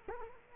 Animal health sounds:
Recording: mosquito wingbeat signal from an infrared sensor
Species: Culex quinquefasciatus

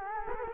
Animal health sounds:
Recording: mosquito wingbeat signal from an infrared sensor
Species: Culex quinquefasciatus

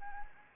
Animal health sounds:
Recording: mosquito wingbeat signal from an infrared sensor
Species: Anopheles arabiensis

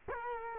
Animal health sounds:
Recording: mosquito wingbeat signal from an infrared sensor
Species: Culex quinquefasciatus

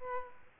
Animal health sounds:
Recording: mosquito wingbeat signal from an infrared sensor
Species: Aedes aegypti

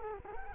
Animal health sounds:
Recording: mosquito wingbeat signal from an infrared sensor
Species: Culex quinquefasciatus

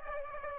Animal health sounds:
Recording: mosquito wingbeat signal from an infrared sensor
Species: Aedes aegypti

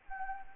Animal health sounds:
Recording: mosquito wingbeat signal from an infrared sensor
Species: Anopheles arabiensis

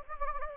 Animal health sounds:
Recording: mosquito wingbeat signal from an infrared sensor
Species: Anopheles gambiae

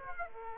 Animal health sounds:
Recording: mosquito wingbeat signal from an infrared sensor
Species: Aedes aegypti

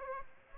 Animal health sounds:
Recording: mosquito wingbeat signal from an infrared sensor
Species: Aedes aegypti

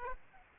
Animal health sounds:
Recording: mosquito wingbeat signal from an infrared sensor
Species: Aedes aegypti

